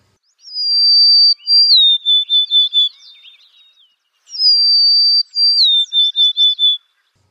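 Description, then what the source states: Golden-crowned Sparrow song, a plaintive whistled phrase of long high notes stepping downward, given twice. Plaintive song, rendered by bird watchers as "Oh, dear me" or "I'm so tired"; Yukon gold miners around 1900 called it the "no gold here" bird. Played as a mystery sound.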